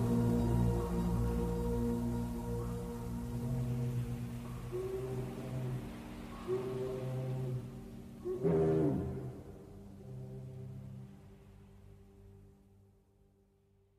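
Shakuhachi plays slow, held notes over a low, steady drone, the tones shifting in pitch every second or two. Near the eighth second a breathy, bright swell cuts in, and afterward the sound thins and fades toward quiet by the end.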